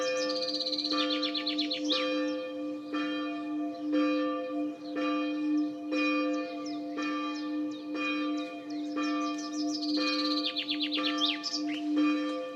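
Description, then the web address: Bird calls: quick series of high, down-sweeping notes near the start and again near the end, over a humming tone that pulses about once a second throughout. "cianscape birddata Deverinetal 2025 Bird Only"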